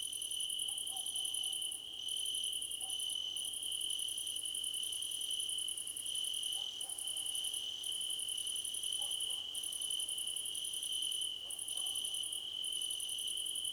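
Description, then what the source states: Dense cricket chorus: a steady high drone topped by very high rapid pulse trains that stop briefly at intervals. Crickets in a choir competition.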